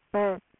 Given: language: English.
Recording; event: throat vibration sensor signal played as sound; speech